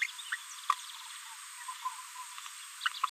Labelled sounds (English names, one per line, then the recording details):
Green-rumped Parrotlet babbling
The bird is a female
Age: 29 days
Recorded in a nest box in Venezuela
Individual 17B73B4